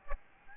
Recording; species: mosquito wingbeat signal from an infrared sensor; Aedes albopictus